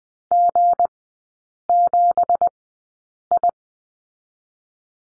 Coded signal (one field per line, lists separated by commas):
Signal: Morse code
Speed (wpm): 20 wpm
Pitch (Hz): 700 Hz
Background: none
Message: G7I